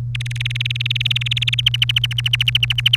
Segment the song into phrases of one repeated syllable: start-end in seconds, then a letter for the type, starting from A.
0.15-1.54 A, 1.58-2.96 B